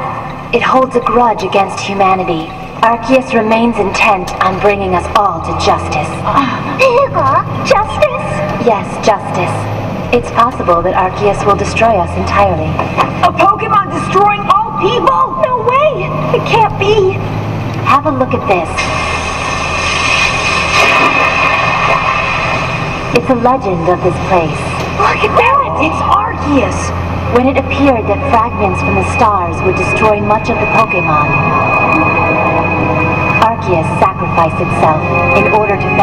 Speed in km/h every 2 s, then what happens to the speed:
28, 29, 36, 46, 56, 63, 69, 74, 77, 79, 81, 83, 85, 86, 88, 90, 91, 93.
2-36 speeds up to 93.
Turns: none.